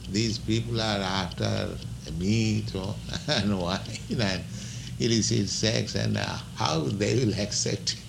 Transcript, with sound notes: These people are after meat [chuckles] and wine and illicit sex, and how they will accept